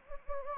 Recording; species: mosquito wingbeat signal from an infrared sensor; Anopheles gambiae